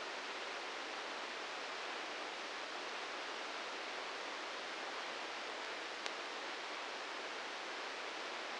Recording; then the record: brain microelectrode recording played as sound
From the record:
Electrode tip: inside the subthalamic nucleus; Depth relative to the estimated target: -6 mm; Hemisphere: left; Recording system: NeuroSet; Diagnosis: Parkinson's disease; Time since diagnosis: 13 years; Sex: male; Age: 66 years